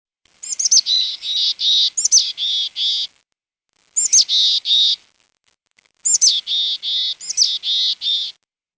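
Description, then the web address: Mountain chickadee giving a few harsh calls, each opening with sharp high notes and followed by a series of buzzy notes, with short silent gaps between. "naturesongs moch"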